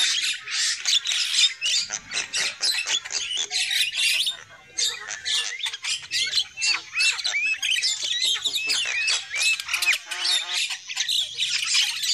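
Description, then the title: Lovebird calls: harsh screeches and chirps in rapid succession, with a run of repeated arched notes near the middle. Lure call used for trapping lovebirds. "PIKAT BURUNG LOVEBIRD"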